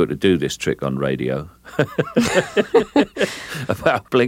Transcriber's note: laughter